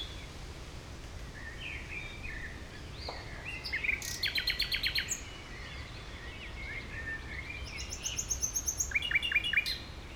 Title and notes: Heidekampgraben, Mauerweg, Berlin - nightingale. nightingale at Mauerweg (former Berlin Wall area) (Sony PCM D50, Primo EM172)